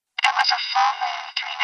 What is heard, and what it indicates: Demonstrates what hearing with a cochlear implant sounds like. It's converting sound waves into digital information, which the brain is then able to interpret.